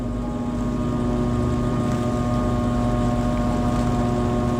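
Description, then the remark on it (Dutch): Small cleanup boats in Istanbul, normally used to collect small waste, drone steadily through slimy algae on the sea surface, a continuous low engine hum with strong tonal harmonics and a faint wash of water and wind, loud and unbroken throughout, with no talking. “Met bootjes die normaal gesproken klein afval uit het water halen, maken ze nu grote slagen over het wateroppervlak.”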